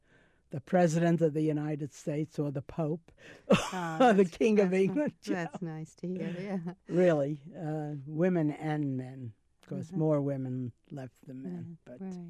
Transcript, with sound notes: the President of The United States or the Pope! (Laughs) Or the King of England, you know! (Laughs)
That's nice to hear, yeah.
Really. Women and men. Of course, more women left than men, but,